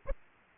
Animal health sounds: mosquito wingbeat signal from an infrared sensor; Aedes aegypti

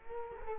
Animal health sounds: mosquito wingbeat signal from an infrared sensor; Culex quinquefasciatus

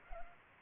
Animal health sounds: mosquito wingbeat signal from an infrared sensor; Culex pipiens

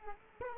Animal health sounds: mosquito wingbeat signal from an infrared sensor; Culex quinquefasciatus

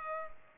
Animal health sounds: mosquito wingbeat signal from an infrared sensor; Culex pipiens

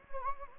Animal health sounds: mosquito wingbeat signal from an infrared sensor; Anopheles gambiae

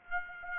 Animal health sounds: mosquito wingbeat signal from an infrared sensor; Aedes aegypti

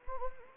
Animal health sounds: mosquito wingbeat signal from an infrared sensor; Anopheles arabiensis

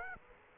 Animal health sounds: mosquito wingbeat signal from an infrared sensor; Aedes aegypti

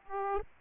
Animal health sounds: mosquito wingbeat signal from an infrared sensor; Aedes aegypti

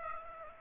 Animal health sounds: mosquito wingbeat signal from an infrared sensor; Aedes aegypti

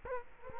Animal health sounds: mosquito wingbeat signal from an infrared sensor; Culex quinquefasciatus

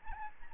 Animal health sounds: mosquito wingbeat signal from an infrared sensor; Aedes albopictus

